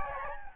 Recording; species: mosquito wingbeat signal from an infrared sensor; Aedes albopictus